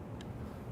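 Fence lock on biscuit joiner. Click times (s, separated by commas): 0.2 s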